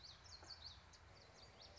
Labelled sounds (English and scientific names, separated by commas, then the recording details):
Common Yellowthroat (Geothlypis trichas)
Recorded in Sonoma County, California